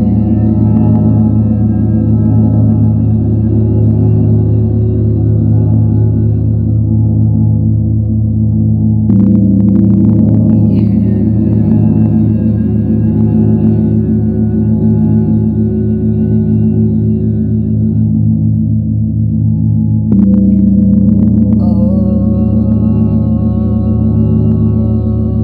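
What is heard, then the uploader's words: A gong rings with a deep, layered hum that swells and lingers, struck again at about 9 seconds and once more near 20 seconds. Each strike adds a bright shimmer on top that fades slowly, while the low drone stays steady and loud throughout. The sounds of the Chiron Gong.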